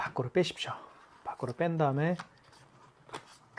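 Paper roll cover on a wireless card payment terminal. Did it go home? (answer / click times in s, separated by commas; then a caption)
yes / 3.6 s. Someone talks while the plastic printer cover of a KIS-8630QN wireless card payment terminal is closed over a freshly loaded thermal paper roll, with the paper end pulled out and the middle of the cover pressed. A sharp snap is heard at 3.6 s as the receipt paper cover shuts and seats.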